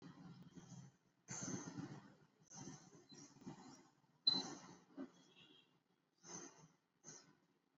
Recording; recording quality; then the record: deep breathing; excellent, no background noise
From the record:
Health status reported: exposed to COVID-19, no respiratory illness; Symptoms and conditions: cough, cold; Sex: male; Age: 24 years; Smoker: no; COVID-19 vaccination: both doses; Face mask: worn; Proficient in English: yes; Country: India